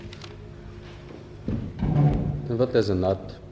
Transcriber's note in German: Scharren eines Stuhls